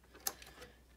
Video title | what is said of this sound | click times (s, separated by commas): How To Disassemble a 2005 Mac G5 | it on and push down until it clicks | 0.3 s